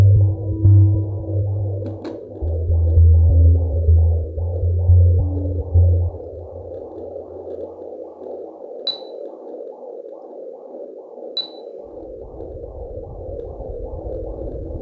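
Rhythmic whooshing pulses over a low hum with faint clicks: a fetal heartbeat picked up on a home fetal Doppler, a medical maternity sound from a pregnancy achieved with medical assistance.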